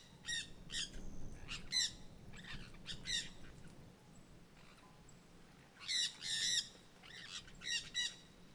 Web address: Jandaia verdadeira cantando na mata. terra ronca